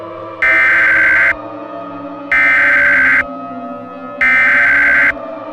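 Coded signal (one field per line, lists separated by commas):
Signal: Emergency Alert System (SAME) tones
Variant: header bursts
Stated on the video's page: Fictional EAS scenario, The Wendigo.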